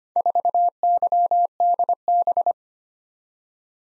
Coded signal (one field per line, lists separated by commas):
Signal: Morse code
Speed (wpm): 25 wpm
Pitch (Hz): 700 Hz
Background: none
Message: 4YDB